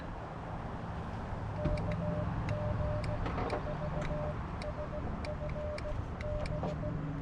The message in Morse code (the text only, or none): KG4SFB